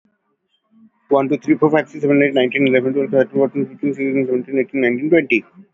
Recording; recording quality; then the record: counting at a fast pace; excellent, no background noise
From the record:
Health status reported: healthy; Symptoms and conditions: none ticked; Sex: male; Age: 26 years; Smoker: not ticked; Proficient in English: yes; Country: India